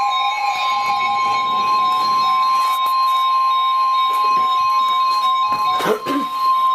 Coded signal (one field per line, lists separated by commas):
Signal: Emergency Alert System (SAME) tones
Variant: 1050 Hz attention tone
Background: music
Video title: Severe T-Storm Warning (EAS #987)